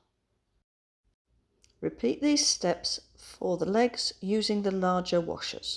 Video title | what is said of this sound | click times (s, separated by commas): Eliosaurus tutorial | thread the white washer on top of it and press really hard until you hear it click | 1.6 s